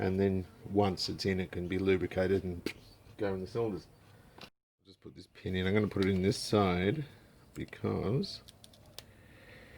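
During a Honda CB350F top-end rebuild, a metal retaining circlip for the piston pin is handled at the groove of the piston pin bore in an aluminium piston. Someone talks for most of the clip, with a brief silence near 4.4 s and a few faint sharp ticks around 8.6 to 9.0 s. Nothing has seated or clicked home yet.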